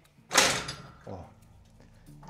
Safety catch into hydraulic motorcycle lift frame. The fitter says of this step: O, widzieliście? Zablokowało się.